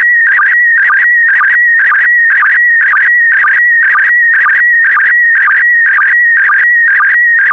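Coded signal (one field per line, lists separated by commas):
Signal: SSTV (slow-scan television)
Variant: PD120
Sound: warbling whistle-like tone near 1.9 kHz, rhythmic chirps about twice a second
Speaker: transmission complete you can now check your decoded image against the picture that is shown on the video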